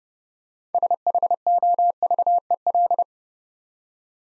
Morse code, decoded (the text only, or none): SHOVEL